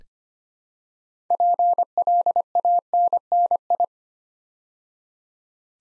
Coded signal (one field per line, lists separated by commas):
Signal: Morse code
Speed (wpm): 25 wpm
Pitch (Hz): 700 Hz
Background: none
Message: PLANNI